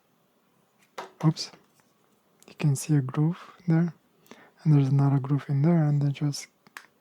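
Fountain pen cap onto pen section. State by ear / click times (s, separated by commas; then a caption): seated / 6.8 s. A HongDian 617 fountain pen cap is pushed onto the pen section while someone talks, and grooves inside the cap catch on the clip ring. A short, sharp click at 6.8 s marks the cap snapping closed and seating.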